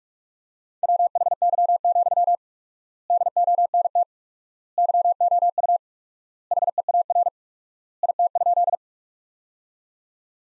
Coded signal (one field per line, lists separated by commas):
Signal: Morse code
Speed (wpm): 47 wpm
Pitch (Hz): 700 Hz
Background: none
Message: WHY, DONT YOU HEAR IT?